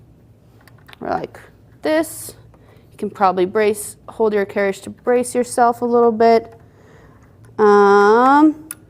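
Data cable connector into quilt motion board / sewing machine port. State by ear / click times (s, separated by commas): not seated / none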